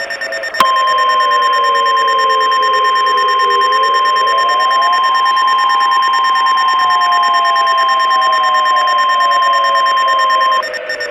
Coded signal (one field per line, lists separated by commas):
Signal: Emergency Alert System (SAME) tones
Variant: 1050 Hz attention tone